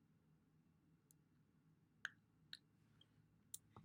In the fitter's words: hear that click